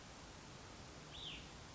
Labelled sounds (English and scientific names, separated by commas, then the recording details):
Cassin's Vireo (Vireo cassinii)
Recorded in Sonoma County, California